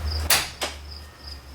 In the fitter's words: when you pull it you'll hear a click in front of the vehicle now follow me over here